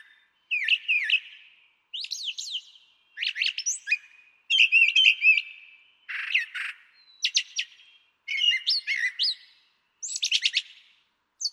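Brown Thrasher song: a steady series of varied phrases, mixing sharp chirps, buzzy trills and slurred whistles, with brief gaps.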